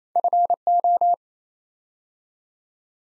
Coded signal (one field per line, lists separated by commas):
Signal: Morse code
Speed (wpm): 28 wpm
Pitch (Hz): 700 Hz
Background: none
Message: FO